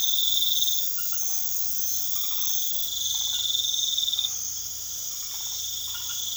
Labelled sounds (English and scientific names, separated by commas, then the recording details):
none
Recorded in pastures near Puerto Asís, Putumayo, Colombia, on 21 March 2025 at 22:30
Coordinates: 0.487, -76.322
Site G077